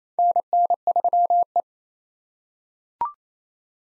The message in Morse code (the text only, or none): NN3E